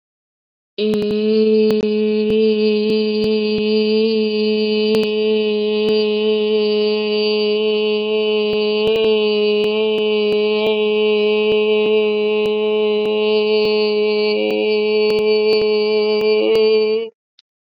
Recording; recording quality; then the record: sustained vowel as in made; excellent, no background noise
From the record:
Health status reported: COVID-19 positive, mild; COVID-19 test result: positive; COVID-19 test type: RT-PCR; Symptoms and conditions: cough, sore throat, fever, fatigue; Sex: female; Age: 24 years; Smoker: no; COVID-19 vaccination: both doses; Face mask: not worn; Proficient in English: yes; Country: India